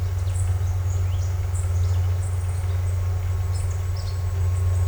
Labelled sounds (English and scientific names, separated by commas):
none